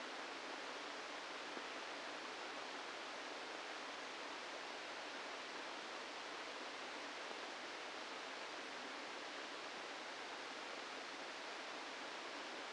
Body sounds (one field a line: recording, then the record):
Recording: brain microelectrode recording played as sound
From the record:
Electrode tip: inside the subthalamic nucleus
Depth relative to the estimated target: 0 mm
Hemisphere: right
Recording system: NeuroSet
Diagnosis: Parkinson's disease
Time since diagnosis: 8 years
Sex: male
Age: 65 years